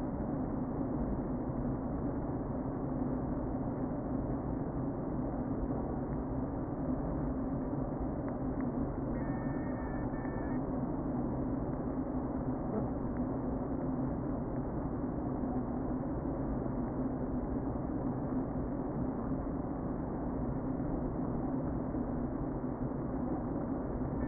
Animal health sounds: honeybee colony, microphone inside the hive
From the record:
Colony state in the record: queen present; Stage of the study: before two queens were removed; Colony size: about 60,000 bees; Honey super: yes

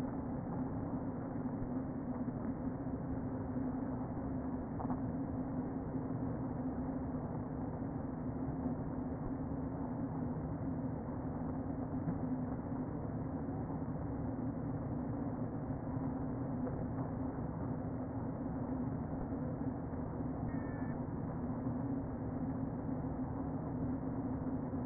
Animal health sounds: honeybee colony, microphone inside the hive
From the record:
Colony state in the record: queen present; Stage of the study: before two queens were removed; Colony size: about 60,000 bees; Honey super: yes

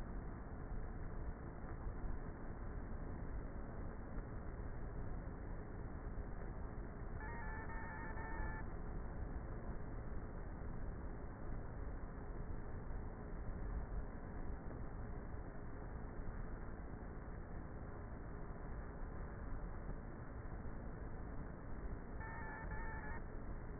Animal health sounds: honeybee colony, microphone inside the hive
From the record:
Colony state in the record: queenless with a low population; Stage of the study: before two queens were removed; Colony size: about 30,000 bees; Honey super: no

